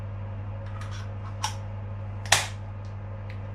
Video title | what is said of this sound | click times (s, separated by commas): Supersapiens review | yeah that clicked into place pretty firmly | 2.3 s